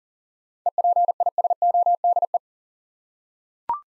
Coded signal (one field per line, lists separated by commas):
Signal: Morse code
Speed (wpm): 39 wpm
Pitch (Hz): 700 Hz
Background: none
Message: EPISODE